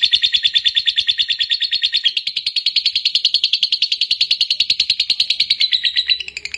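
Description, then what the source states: Lovebird singing a sustained fast run of buzzy chirps, evenly paced, fading slightly at the very end. Fighter-type lovebird singing energetically, described as gacor.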